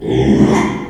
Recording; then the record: squeal of a Yucatan mini pig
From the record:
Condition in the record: after surgery on the right vocal fold (resection and tissue-engineered implant); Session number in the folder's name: 3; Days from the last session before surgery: 33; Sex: male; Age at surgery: 12 weeks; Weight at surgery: 13 kg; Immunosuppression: cyclosporine, prednisolone